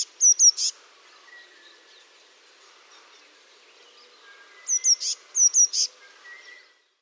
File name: MESANGE BLEUE